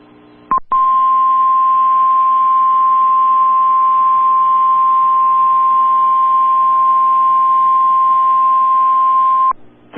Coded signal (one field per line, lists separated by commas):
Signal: Emergency Alert System (SAME) tones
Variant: 1050 Hz attention tone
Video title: Severe Thunderstorm Warning (Lincoln, Noble, Logan, Payne Counties, OK) (8/15/24) [EAS #1]